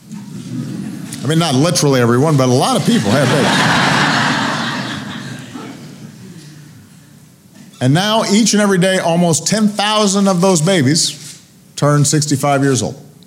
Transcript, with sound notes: I mean, not literally, everyone, but a lot of people had babies. (Laughter.) And now, each and every day, almost 10,000 of those babies turn 65 years old.